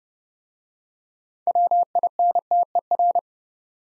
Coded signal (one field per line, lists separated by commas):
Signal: Morse code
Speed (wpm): 30 wpm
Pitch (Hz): 700 Hz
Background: none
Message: WINTER